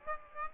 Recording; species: mosquito wingbeat signal from an infrared sensor; Aedes aegypti